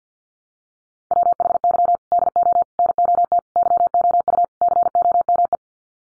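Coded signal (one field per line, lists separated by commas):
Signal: Morse code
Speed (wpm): 50 wpm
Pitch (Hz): 700 Hz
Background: none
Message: WHY DO NOT YOU COME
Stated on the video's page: Head-copy practice of five-word sets at 50 wpm, each sent in Morse, spoken, then sent again.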